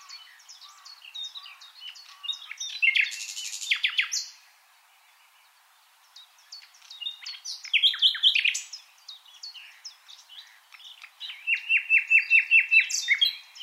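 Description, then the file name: Common nightingale singing several phrases of fast, rich notes and rattling trills, with short pauses between them. "Luscinia megarhynchos"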